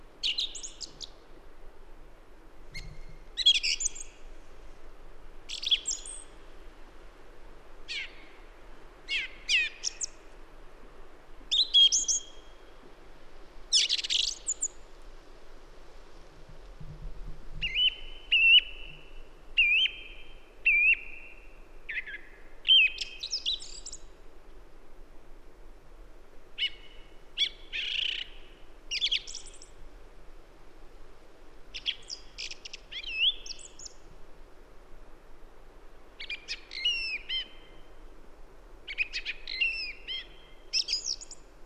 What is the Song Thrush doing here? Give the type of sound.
song